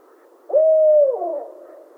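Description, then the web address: Barred owl giving a single hoot: a sharp start, a steady drawn-out note, then a wavering downward slur that fades, over quiet background hiss. Recorded 28 July 2011. "Barred Owl 2011 07 28"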